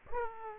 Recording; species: mosquito wingbeat signal from an infrared sensor; Aedes aegypti